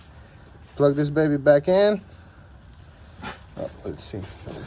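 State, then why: Not seated. A wiring harness connector is being lined up on the VVT solenoid of a 2017 Hyundai Elantra during a P0017 oil control valve replacement, before being pushed home. Someone talks over faint handling noises, with a brief tap at about 2.7 seconds. Nothing has seated or clicked yet.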